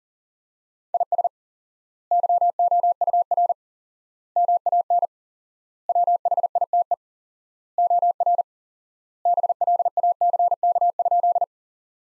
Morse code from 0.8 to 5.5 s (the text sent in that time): IS YOUR MAN